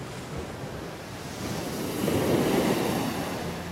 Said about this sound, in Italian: Vedi di non farti portare via dal vento! Sali da questa parte! Il mare si è gonfiato!